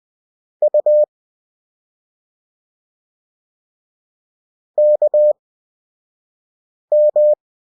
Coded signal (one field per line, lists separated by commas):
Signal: Morse code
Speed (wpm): 20 wpm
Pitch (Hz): 600 Hz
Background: none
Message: U KM